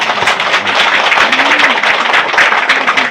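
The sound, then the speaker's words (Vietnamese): An audience at a Buddhist dharma talk bursts into sustained applause for a young man's answer, dense overlapping claps forming a steady, loud crackling wash that holds at even strength for the whole stretch, with a faint voice briefly audible underneath. “Đúng, cái từ đó rất giỏi, cho anh chàng pháo tay.”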